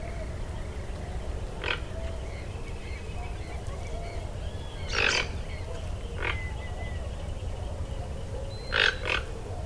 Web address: sound Ramphastos-toco